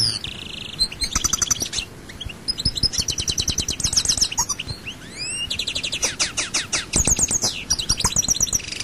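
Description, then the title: European goldfinch song: fast, liquid twitters mixed with buzzy and rising slurred notes, almost continuous with brief pauses. "Chant Chardonneret"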